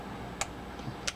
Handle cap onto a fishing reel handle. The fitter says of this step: snap that on and